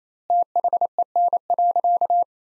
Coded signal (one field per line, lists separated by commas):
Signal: Morse code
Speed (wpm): 28 wpm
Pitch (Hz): 700 Hz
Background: none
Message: THEN.